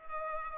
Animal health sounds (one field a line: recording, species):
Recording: mosquito wingbeat signal from an infrared sensor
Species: Culex pipiens